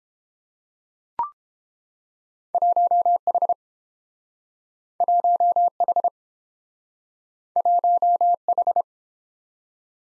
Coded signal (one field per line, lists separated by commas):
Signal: Morse code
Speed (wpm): 30 wpm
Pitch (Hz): 700 Hz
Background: none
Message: 1H 1H 1H